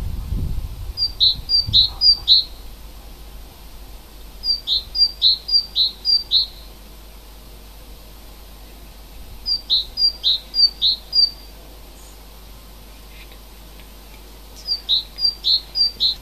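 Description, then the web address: Bird song: tight runs of several sharp, high notes in quick succession, the runs repeated every few seconds against quiet surroundings. Native forest bird recorded in February. "oeko wald vogel februar vogel heimisch"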